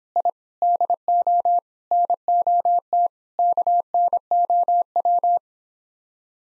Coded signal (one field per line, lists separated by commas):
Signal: Morse code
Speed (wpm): 26 wpm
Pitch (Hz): 700 Hz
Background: none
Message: I DO NOT KNOW